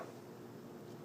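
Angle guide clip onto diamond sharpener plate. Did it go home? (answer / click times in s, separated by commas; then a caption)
no / none. An angle guide from a DMT Dia-Fold Magna Guide kit is fitted onto one of the diamond sharpener plates. Only a steady, low, even background hiss is heard, with no sharp sounds. The guide does not click on, and nothing has seated or clicked yet.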